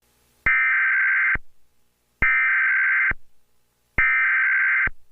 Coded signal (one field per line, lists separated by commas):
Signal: Emergency Alert System (SAME) tones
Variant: header bursts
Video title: EAS SCENARIO SPECIAL #1 - Flash Flood Getdown